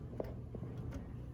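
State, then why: Not seated. A wiring harness plug is handled at the back of the headlight assembly socket of a 2018 Audi Q3 during reinstallation, with brief sharp handling taps near 0.2 s and 1.4 s over a low background hum. Nothing has seated or clicked yet; the plug is not home.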